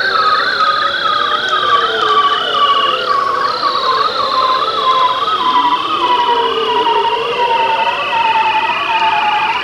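Bearded seal trill: a rapidly wavering, warbling note gliding gradually downward, beneath a long high whistle-like tone and a deeper sweep dipping low midway.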